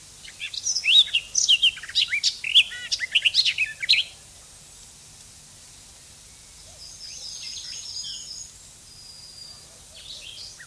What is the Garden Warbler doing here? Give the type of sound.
song